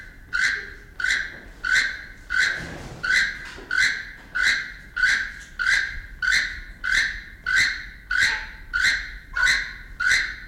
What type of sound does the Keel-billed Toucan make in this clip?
call